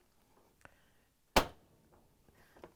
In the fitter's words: once you have it snapped into place we can use the